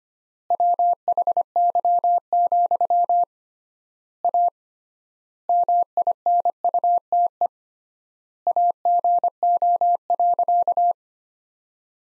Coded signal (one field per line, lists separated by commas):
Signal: Morse code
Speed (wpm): 25 wpm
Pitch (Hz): 700 Hz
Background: none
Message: WHY, A MINUTE AGO.